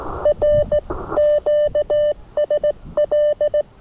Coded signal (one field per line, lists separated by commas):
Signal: Morse code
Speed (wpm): 18 wpm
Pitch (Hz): 590 Hz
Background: none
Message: R QSL